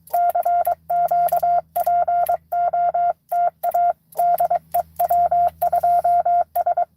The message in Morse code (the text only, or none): CQ POTA DE W2S